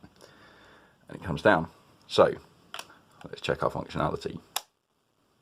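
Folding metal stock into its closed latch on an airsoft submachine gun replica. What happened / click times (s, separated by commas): A folding stock is moved but not yet locked home / none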